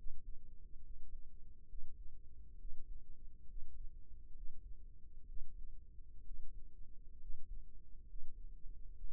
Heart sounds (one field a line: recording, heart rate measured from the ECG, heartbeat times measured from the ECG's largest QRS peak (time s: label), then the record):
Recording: heart sounds by microphone in the right ear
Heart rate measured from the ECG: 66 bpm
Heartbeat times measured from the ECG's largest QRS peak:
0.79 s: heartbeat
1.66 s: heartbeat
2.56 s: heartbeat
3.45 s: heartbeat
4.32 s: heartbeat
5.25 s: heartbeat
6.22 s: heartbeat
7.17 s: heartbeat
8.04 s: heartbeat
8.95 s: heartbeat
From the record:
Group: healthy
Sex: male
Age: 22 years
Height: 181 cm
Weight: 79 kg